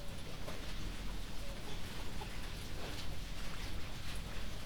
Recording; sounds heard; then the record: poultry house recording; healthy chickens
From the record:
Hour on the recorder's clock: 21